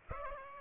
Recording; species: mosquito wingbeat signal from an infrared sensor; Aedes aegypti